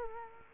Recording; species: mosquito wingbeat signal from an infrared sensor; Culex quinquefasciatus